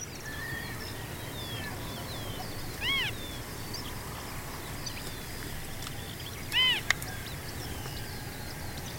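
Marsh harrier calls, two arched mewing notes nearly four seconds apart, against continuous high chirps of other birds and a brief sharp click.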